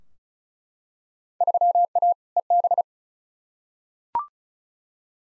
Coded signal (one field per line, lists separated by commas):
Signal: Morse code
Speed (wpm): 36 wpm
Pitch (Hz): 700 Hz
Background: none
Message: 3A EB